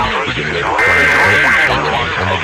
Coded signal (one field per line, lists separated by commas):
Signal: Emergency Alert System (SAME) tones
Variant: header bursts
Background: speech